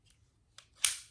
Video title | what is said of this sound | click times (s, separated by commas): Backpacking on a Walmart BUDGET $ All the Gear you will need AFFORDABLE HIGH QUALITY Hiking Camping | and locks in place and now you've got a really sharp durable saw | 0.8 s